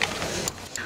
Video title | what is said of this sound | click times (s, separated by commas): How to Remove and Refit a Wheel - Hull College Cannon Street | use a torque wrench to tighten the wheel nuts when you hear a click the wheel nut is set correctly | 0.0 s, 0.5 s, 0.8 s